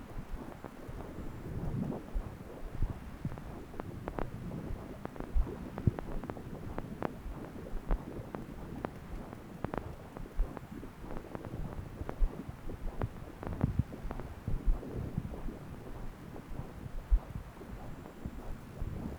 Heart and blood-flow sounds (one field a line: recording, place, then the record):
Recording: Doppler ultrasound of blood flow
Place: left subclavian vein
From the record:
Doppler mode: continuous wave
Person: adult scuba diver, at rest before a dive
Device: O'Dive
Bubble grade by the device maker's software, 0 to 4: 2